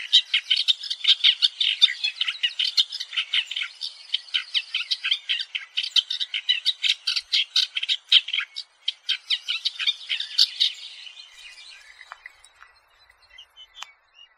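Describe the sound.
Masked shrike song, a fast scratchy chattering warble running for about ten seconds, then fading into a few sparse notes.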